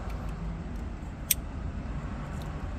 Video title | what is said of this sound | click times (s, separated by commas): Radio Installation tips. 2016 Toyota Rav4 | when you connect harnesses make sure you hear that click | 1.3 s